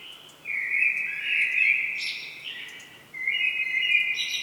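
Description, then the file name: Common blackbird delivering rich whistled warbles, each phrase closing with a scratchy high twitter, sung almost continuously. "Turdus merula"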